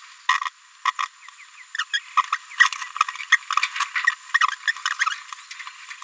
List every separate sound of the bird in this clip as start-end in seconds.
0.29-0.38, 0.85-0.91, 1.02-1.05, 1.78-1.84, 1.93-1.99, 2.17-2.22, 2.59-2.69, 3.32-3.38, 3.80-3.84, 4.07-4.11, 4.67-4.71, 4.99-5.04, 5.59-5.62, 5.91-5.92